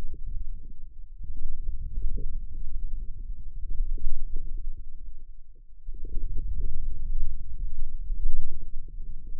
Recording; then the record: forearm muscle sounds (acoustic myography)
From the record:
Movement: wrist extension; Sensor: system 2, bracelet of six BSWA MPA416 microphones around the upper forearm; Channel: 6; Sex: male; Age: 22 years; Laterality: right